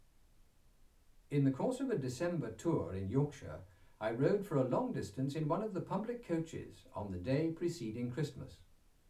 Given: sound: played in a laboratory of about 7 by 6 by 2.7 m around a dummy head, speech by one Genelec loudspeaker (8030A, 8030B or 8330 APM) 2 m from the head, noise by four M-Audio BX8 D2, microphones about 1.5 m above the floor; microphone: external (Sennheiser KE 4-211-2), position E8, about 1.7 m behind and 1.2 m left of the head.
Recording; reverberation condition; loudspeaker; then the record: male speech in English; low; in front (0 degrees)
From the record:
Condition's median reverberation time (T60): about 310 ms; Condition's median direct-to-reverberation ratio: about 3.5 dB